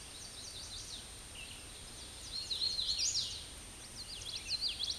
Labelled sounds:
Hooded Warbler (Setophaga citrina) song
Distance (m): 25 m
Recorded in a Pennsylvania forest on 18 May 2023 at 07:33
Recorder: AudioMoth, point grid1_31_low
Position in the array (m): 154 m, 113 m

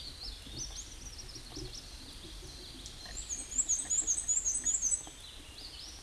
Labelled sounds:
Black-and-white Warbler (Mniotilta varia) song
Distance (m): 15 m
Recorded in a Pennsylvania forest on 19 May 2023 at 20:32
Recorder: AudioMoth, point grid1_33_low
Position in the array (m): 37 m, 135 m

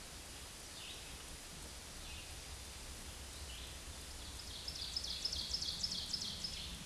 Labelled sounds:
Ovenbird (Seiurus aurocapilla) song
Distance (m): 60 m
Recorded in a Pennsylvania forest on 17 May 2023 at 13:36
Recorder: AudioMoth, point grid1_6_low
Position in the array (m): 144 m, 70 m

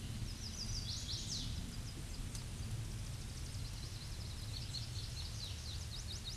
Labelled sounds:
Chestnut-sided Warbler (Setophaga pensylvanica) song
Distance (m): 25 m
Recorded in a Pennsylvania forest on 18 May 2023 at 07:46
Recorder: AudioMoth, point grid1_40_low
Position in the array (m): 120 m, 207 m

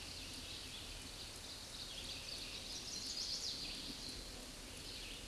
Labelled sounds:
Scarlet Tanager (Piranga olivacea) song
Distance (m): 30 m
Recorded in a Pennsylvania forest on 19 May 2023 at 10:26
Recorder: AudioMoth, point grid1_7_low
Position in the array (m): 182 m, 84 m

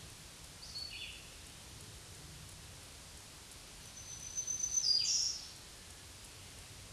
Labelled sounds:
Black-throated Green Warbler (Setophaga virens) song
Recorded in a Pennsylvania forest on 1 June 2023 at 07:12
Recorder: AudioMoth, point grid3_27_low
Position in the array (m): 132 m, 67 m

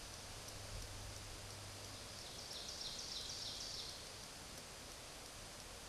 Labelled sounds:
Ovenbird (Seiurus aurocapilla) song
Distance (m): 70 m
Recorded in a Pennsylvania forest on 17 May 2023 at 14:07
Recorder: AudioMoth, point grid1_11_low
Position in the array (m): 217 m, 21 m

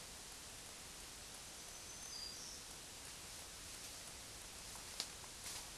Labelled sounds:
Black-throated Green Warbler (Setophaga virens) song
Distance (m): 45 m
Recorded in a Pennsylvania forest on 1 June 2023 at 08:50
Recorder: AudioMoth, point grid3_13_low
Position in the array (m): 124 m, 100 m

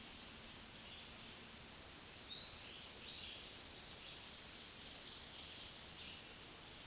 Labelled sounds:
Black-throated Green Warbler (Setophaga virens) song
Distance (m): 40 m
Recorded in a Pennsylvania forest on 1 June 2023 at 06:09
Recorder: AudioMoth, point grid3_6_high
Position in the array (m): 156 m, 57 m

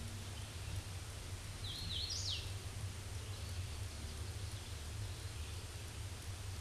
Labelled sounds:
Hooded Warbler (Setophaga citrina) song
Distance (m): 50 m
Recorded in a Pennsylvania forest on 18 May 2023 at 11:03
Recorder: AudioMoth, point grid1_30_low
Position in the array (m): 150 m, 107 m

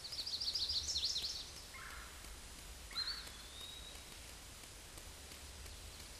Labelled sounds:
Eastern Wood-Pewee (Contopus virens) song
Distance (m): 50 m
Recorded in a Pennsylvania forest on 18 May 2023 at 13:37
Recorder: AudioMoth, point grid1_38_low
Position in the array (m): 177 m, 167 m

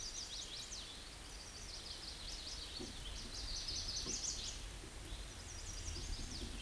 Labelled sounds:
Chestnut-sided Warbler (Setophaga pensylvanica) song
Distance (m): 60 m
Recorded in a Pennsylvania forest on 18 May 2023 at 09:49
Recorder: AudioMoth, point grid1_33_low
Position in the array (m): 15 m, 90 m

